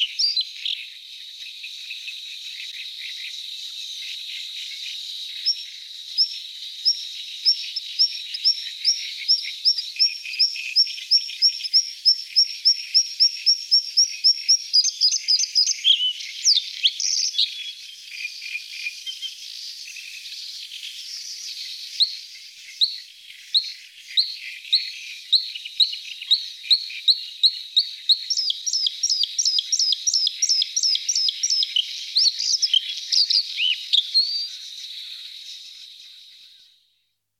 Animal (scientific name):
Luscinia svecica